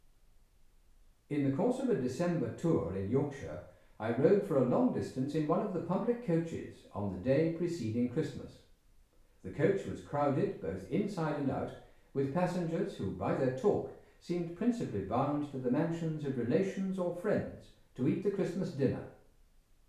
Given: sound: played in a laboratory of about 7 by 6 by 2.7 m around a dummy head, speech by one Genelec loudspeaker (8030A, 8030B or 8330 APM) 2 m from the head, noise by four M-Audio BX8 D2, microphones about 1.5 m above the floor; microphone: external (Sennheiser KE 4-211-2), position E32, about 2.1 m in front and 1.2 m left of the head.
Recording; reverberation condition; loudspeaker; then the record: male speech in English; medium; in front (0 degrees)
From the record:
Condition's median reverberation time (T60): about 510 ms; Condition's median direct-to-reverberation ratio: about -0.5 dB